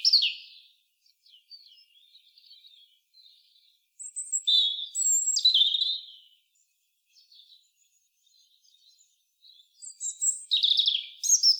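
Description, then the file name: European robin singing in varied phrases of high warbles and sharp trills, loud at the start, middle and end, with faint thin notes in the pauses. "Erithacus rubecula"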